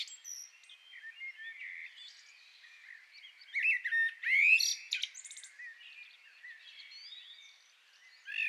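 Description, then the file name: Common blackbird singing softly, with one louder mellow warble flowing into a squeaky twitter midway and quieter phrases around it. "Turdus merula"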